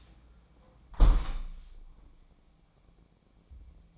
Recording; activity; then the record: daily activity, microphone in the room; close window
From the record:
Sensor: 1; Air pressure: 1012.3 hPa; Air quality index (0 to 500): 163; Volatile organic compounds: 3 ppm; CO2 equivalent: 1332 ppm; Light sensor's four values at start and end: 144/324/143/153 and 150/336/150/159